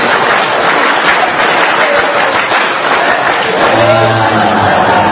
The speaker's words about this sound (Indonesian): Tepuk satu, tepuk dua, tepuk satu, tepuk tiga, tepuk pramuka.